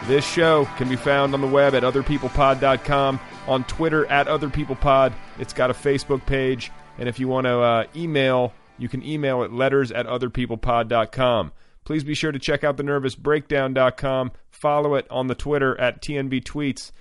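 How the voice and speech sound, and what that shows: A man reads show contact details aloud, with fluent, clear, steady speech at a moderate pitch and pace.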